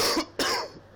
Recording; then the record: coughing mixed with background sound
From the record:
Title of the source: Coughing 60